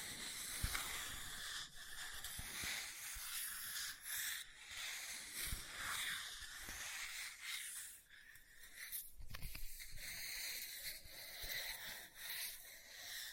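A book is scratched and handled, with a steady, dense, bright scratching hiss running almost without pause. Short taps and crisp rustles break in every second or so, and soft low thumps land now and then, notably near 1, 5 and 9 seconds.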